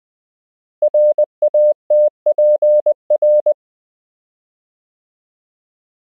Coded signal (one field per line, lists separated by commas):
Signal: Morse code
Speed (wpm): 20 wpm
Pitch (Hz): 600 Hz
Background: none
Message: RATPR